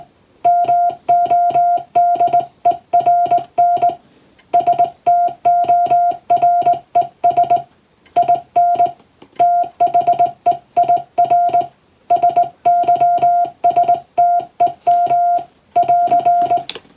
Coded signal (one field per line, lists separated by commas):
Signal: Morse code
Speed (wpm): 20 wpm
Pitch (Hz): 700 Hz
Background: music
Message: MODERN STORES IN THEIR SYSTEM <AR>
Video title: 昔はよくラジオから聞こえた懐かしいモールス符号！通信技術の基礎！モールスはトンとツーで成立します。英語のモールスです。YouTubeの再生速度を設定して聞こう！ morse code practice